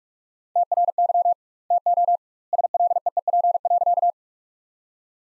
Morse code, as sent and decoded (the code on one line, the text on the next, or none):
- .-. -.-- / - --- / ... .-.. . . .--. .-.-.-
TRY TO SLEEP.